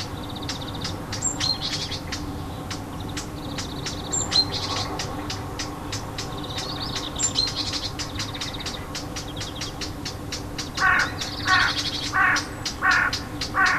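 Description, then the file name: Warbler alarm, a steady series of hard tack-like clicks, mixed with brief high whistles, then a burst of loud harsh scolding notes toward the end. Alarm calls, 25 June 2014, on an MZ-N710 MiniDisc recorder. "Fauvette cri d alarme 25 06 14"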